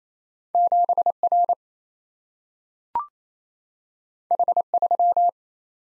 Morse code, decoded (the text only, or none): 7R H3